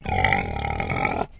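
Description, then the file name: Pig growl: one rough, harmonic, sustained grunting growl lasting just over a second, steady in pitch, then cutting off abruptly. Landrace breed pig, growling. "ANIMAL PIG LANDRACE ALICE GROWL"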